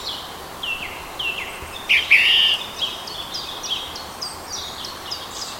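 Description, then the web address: Song thrush singing bright, high chirping notes in quick repeated runs, with one louder fluty phrase partway through, over a steady background hiss. "oeko hecke vogel sounds turdus philomelos"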